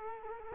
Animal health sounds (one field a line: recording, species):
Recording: mosquito wingbeat signal from an infrared sensor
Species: Culex quinquefasciatus